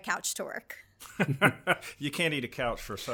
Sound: laughs